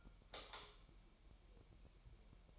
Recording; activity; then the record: daily activity, microphone in the room; light off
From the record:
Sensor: 1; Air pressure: 1001.9 hPa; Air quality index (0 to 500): 249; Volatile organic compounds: 54 ppm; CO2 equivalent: 3352 ppm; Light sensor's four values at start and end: 9/28/10/12 and 5/11/4/5